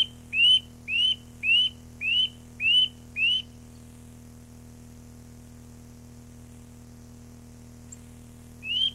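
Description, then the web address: Eurasian nuthatch giving six evenly spaced rising whistles, then a long silence before one more whistle starts at the end. Recorded 29 April 1994. "birdsong 29 04 94 Seuropea"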